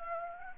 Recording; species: mosquito wingbeat signal from an infrared sensor; Anopheles gambiae